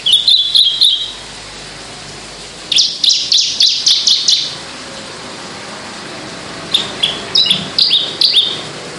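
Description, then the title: Javan bush lark song: quick high chirps in three bursts with pauses between them. Sundul langit, the skyward song flight. "Branjangan Sundul Langit"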